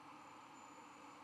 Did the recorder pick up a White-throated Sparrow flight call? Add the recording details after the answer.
no. No flight call is heard. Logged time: 22:03 on 11 November 2014